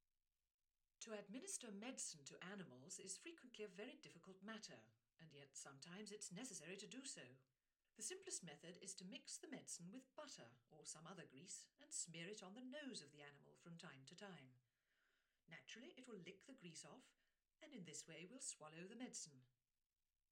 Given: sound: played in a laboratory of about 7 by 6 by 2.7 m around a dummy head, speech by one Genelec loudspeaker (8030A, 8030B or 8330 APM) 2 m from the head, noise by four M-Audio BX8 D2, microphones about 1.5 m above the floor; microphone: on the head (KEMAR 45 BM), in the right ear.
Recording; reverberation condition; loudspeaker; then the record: female speech in English; low; 60 degrees to the right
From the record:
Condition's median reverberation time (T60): about 310 ms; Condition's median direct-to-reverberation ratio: about 3.5 dB